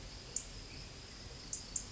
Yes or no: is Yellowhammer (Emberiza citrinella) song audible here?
no